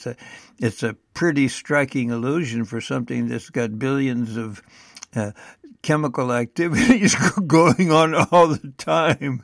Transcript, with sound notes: it's a pretty striking illusion for something that's got billions of, uh, chemical activities (laughs) going on all the time.